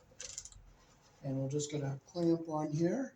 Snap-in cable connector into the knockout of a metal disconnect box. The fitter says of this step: just push it in and you'll hear it snap